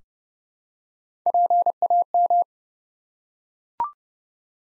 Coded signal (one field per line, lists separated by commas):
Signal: Morse code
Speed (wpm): 30 wpm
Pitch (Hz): 700 Hz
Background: none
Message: PAM